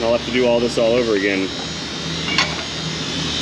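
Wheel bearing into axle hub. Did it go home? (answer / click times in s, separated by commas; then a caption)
partly / 2.4 s. A steel wheel bearing is pressed partway into a full-floating axle hub on a 2002-2007 Silverado 3500 6.6 dually, with someone talking over a steady fan-like hum. A single short sharp hit sounds at 2.4 s as the pressing stops. The bearing is now captured but not fully seated.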